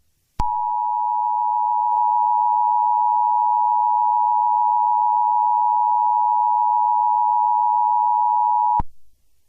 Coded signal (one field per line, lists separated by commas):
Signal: Emergency Alert System (SAME) tones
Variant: 853 and 960 Hz attention tone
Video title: eas scenario catemojibabyheat part 22